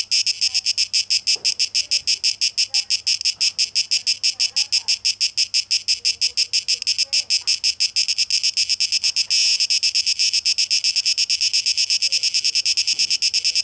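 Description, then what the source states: Cicada song: shrill pulsing buzz, steady and rapid throughout, briefly swelling later on, with a faint low hum. Tape echo mix; 12 August 2023.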